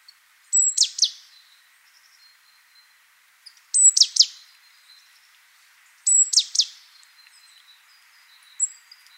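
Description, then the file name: Great tit calls in short bursts, each a high thin note followed by two quick descending notes, repeated three times with a faint fourth, quiet background. "Parus major"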